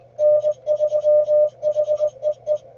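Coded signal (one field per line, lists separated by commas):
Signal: Morse code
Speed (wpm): 22 wpm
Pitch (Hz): 600 Hz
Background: none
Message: N3HEE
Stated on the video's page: Morse contesting in a state QSO party, showing search-and-pounce and running.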